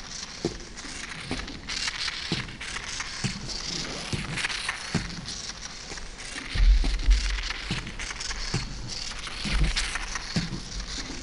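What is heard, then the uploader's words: A simple self-running kinetic drawing machine scratches and taps away in a dense, busy texture of brittle crackles and irregular clicks. Sharper ticks land every second or so, and a low rumble swells briefly around seven and nine and a half seconds. The soundscapes are constructed from recordings of simple autonomous kinetic drawing apparatus that were set up and left to operate for extended periods of time without intervention. Each apparatus is a unique combination of modified turntable, found objects, rods, cables, and pens, in an assemblage suspended from a camera tripod.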